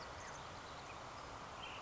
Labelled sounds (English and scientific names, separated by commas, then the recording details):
Ash-throated Flycatcher (Myiarchus cinerascens)
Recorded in Sonoma County, California